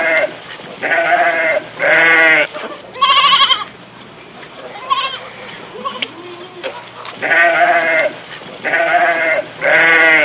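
Sheep bleating: loud, wavering, harmonic bleats repeated about once a second, with a quieter pause in the middle before the bleats return.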